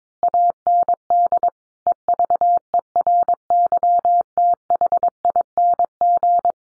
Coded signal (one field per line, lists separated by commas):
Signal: Morse code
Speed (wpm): 22 wpm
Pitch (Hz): 700 Hz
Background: none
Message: AND EVERYTHING